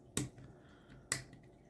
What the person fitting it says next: Very, very satisfying clicks.